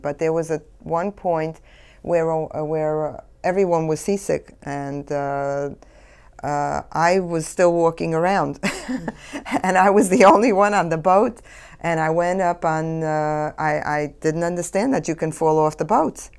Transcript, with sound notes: But there was one point where everyone was seasick and I was still walking around. (She laughs.) And I was the only one on the boat. And I went up on, I didn't understand that you can fall off the boat!